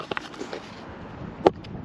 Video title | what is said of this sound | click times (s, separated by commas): What's For Tea | clicking into place like that okay | 1.5 s